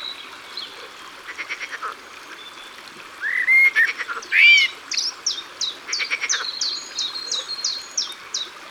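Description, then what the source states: Common chiffchaff song: a series of clipped, downward notes in the later part, after loud whistles and chatter from other birds. Recorded by the water.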